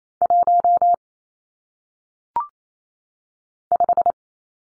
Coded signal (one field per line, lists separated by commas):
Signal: Morse code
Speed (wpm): 28 wpm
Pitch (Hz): 700 Hz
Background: none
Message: 1 5